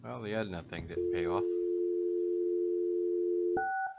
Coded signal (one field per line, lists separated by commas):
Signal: telephone call progress tone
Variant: North America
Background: speech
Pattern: dial tone